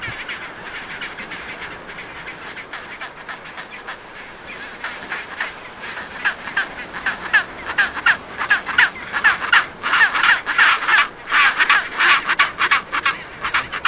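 Chinstrap penguins calling, harsh repeated notes that grow louder and more crowded toward the end, over steady background noise.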